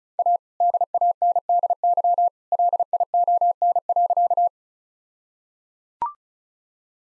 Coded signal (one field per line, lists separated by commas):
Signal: Morse code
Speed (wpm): 34 wpm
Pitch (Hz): 700 Hz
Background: none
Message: A DANDY LION.